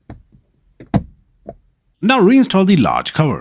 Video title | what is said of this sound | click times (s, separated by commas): How to replace rain sensor on windshield of Kia Sportage | Reconnect the electrical connector, push it in until it clicks. | 0.9 s